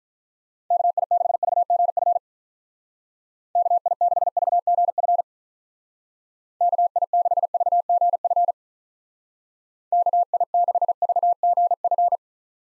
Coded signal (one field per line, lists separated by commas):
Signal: Morse code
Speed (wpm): 47 wpm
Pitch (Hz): 700 Hz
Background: none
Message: KI6VGF KI6VGF KI6VGF KI6VGF